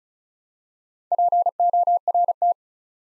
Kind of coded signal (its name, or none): Morse code